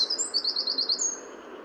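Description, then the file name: Eurasian wren giving a short burst of high, rapid trilled notes ending in a thin whistle, over soft background noise. "Troglodytes troglodytes"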